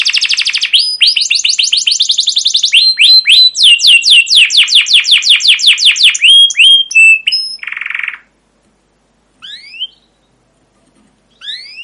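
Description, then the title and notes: Canary song: fast repeated chirped trills and buzzy rolls, then a pause and two single rising whistled notes. Canary song with emotional "cuit cuit" chirps, used as a lure to prompt other canaries to sing and as a master recording for young canaries learning sounds. "CUIT CUIT NGEROL LANGSUNG GACOR PANJANG Kenari Ini AMPUH Utk Pancingan KENAR. PANCINGAN Kenari GACOR PANJANG Cuit CUIT EMOSI ini AMPUH utk MASTERAN Kenari PAUD belajar BUNYI. burung kenari"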